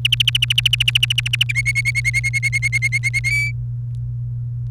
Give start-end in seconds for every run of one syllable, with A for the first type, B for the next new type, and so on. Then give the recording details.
0.05-1.52 A, 1.55-3.19 B, 3.24-3.52 C. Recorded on 29 April 2018 at 17:38. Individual llb3